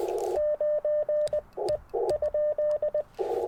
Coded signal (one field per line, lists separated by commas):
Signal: Morse code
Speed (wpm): 19 wpm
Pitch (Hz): 590 Hz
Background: radio noise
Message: 9 E ?